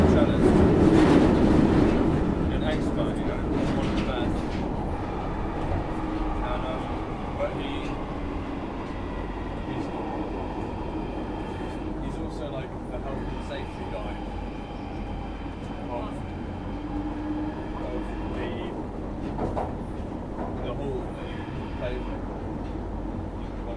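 Train noise: a steady low rumble runs throughout, with a loud burst in the first two seconds that settles into a constant roar. Sustained high whining tones appear around the middle, scattered clicks and clanks recur, and voices seem mixed into the rumble.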